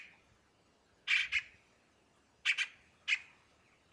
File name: canto do tie cabure